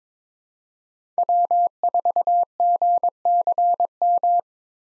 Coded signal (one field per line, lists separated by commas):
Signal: Morse code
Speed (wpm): 22 wpm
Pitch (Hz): 700 Hz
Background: none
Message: W4GCM